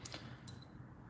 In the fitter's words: Put it back on. It just clicks right into place.